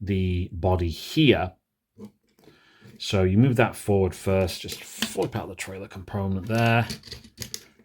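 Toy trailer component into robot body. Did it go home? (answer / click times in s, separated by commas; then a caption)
no / none. Someone talks while handling a toy robot, first moving forward the large star piece molded into its body, then flipping out the plastic trailer component to push it into the robot body. Brief sharp handling taps occur near 7.4 and 7.5 s. Nothing has seated or clicked into place yet.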